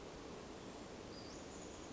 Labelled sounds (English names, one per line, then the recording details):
Western Flycatcher
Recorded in Sonoma County, California